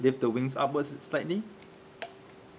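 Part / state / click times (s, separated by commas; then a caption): toy robot wing from the spacer body / released / 2.0 s. Someone talks while lifting the wing of a Bandai Super Robot Chogokin (SRC) Grendizer Spacer toy slightly upwards to detach it from the spacer body. The wing comes free with a single sharp click at 2.0 s, and it is released from the body.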